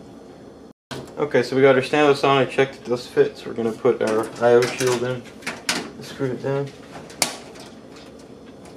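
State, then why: Seated. Someone talks while a metal I/O shield is pressed into the rear opening of a PC case. A sharp click at 7.2 s marks the shield snapping into place, fully seated.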